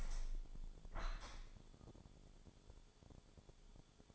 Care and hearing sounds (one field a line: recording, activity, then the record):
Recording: daily activity, microphone in the room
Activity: open window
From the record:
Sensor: 5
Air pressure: 1015.0 hPa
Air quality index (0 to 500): 100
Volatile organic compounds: 2 ppm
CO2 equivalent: 1071 ppm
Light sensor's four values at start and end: 35/80/32/31 and 35/80/32/31